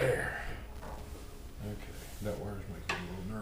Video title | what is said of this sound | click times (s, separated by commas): Rattle Can Restorations Day 16 | there see this one didn't lock in | none